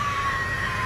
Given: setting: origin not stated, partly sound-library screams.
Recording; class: one-second piece from a danger detection set; woman in danger